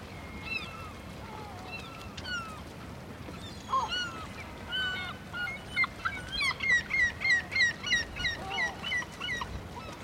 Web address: Harbour atmosphere, with herring gull calls and quayside activity. BBC Atmospheres Winter